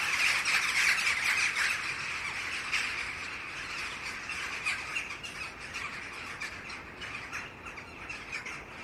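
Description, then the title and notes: Jackdaws calling, a dense chatter of short, harsh squawks overlapping almost continuously, loudest in the first seconds and easing slightly toward the end. Several jackdaws. "untitled [jackdaws] by Jimmy Kipple Sound"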